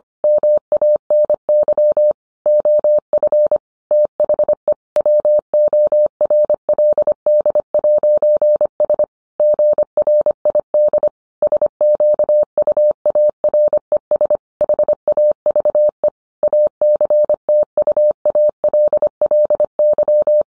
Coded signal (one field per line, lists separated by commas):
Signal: Morse code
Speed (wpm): 25 wpm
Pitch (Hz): 600 Hz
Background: none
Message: MANY OF THE WORLD'S GRID SQUARES HAVE ACTUALLY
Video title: 20211212 Getting Amateur Radio propagation data at home